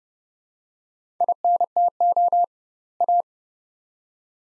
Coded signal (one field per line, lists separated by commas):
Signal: Morse code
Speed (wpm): 31 wpm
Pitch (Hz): 700 Hz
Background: none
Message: INTO A